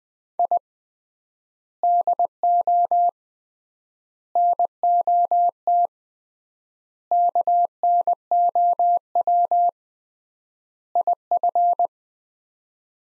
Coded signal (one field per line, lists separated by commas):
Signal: Morse code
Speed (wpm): 20 wpm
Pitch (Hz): 700 Hz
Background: none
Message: I DO NOT KNOW IF